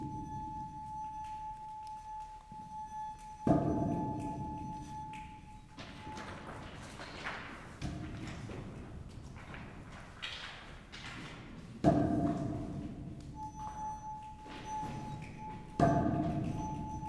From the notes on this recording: This recording was taken undergound, in a highly resonant room called the ballroom, in the abandoned mine of Nenthead/UK.